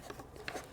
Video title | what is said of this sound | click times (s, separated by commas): The DPF Scam? Easy Fix Most Garages Miss | You'll hear them click, and then you should be able to just pull that out of there. | 0.5 s